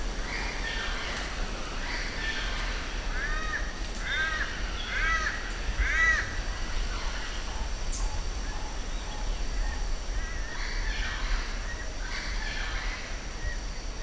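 Giant kingbird harsh calls, a run of rasping, chattering notes repeated through most over a low background rumble.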